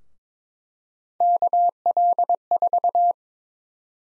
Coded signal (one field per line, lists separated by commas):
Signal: Morse code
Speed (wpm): 22 wpm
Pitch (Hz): 700 Hz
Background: none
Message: KL4